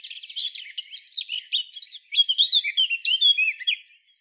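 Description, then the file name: Eurasian blackcap delivering a quick, jumbled warble of scratchy and whistled notes that fades out at the end. "Sylvia atricapilla"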